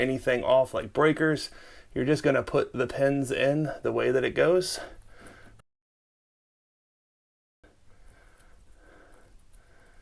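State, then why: Not seated. A wiring harness plug is handled and its pins are lined up with the smoke detector base socket before being pushed on. Someone talks for the first few seconds, then there is a stretch of silence before faint handling noises begin around 7.6 seconds. Nothing has seated or clicked yet.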